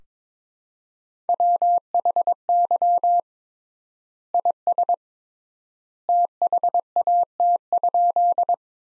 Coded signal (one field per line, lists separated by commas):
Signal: Morse code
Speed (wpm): 22 wpm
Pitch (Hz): 700 Hz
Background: none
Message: WHY IS THAT?